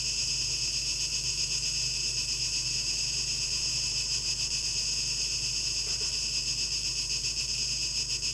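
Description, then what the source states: Cicadas in a steady, high buzzing drone with faint shimmering pulses throughout, over a constant low hum. 12 August 2023; tape echo mix.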